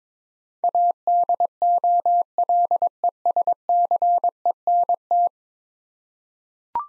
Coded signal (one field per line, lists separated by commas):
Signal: Morse code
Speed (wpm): 21 wpm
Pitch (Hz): 700 Hz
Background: none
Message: ADOLESCENT